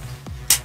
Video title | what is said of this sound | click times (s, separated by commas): Airsoft - Evolution Combat Recon Mk18 mod1 [French] | voilà jusqu'à ce que ça se verrouille dans l'écran de la gearbox | 0.5 s